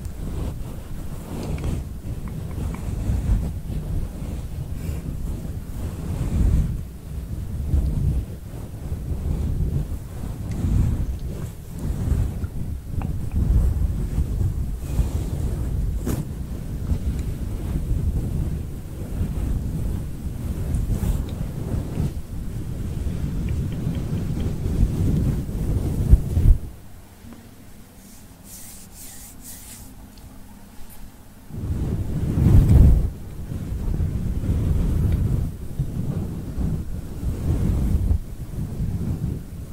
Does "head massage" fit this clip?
yes